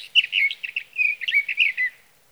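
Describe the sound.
Sage thrasher singing a hurried, continuous jumble of warbled and slurred notes that ends abruptly after about two seconds.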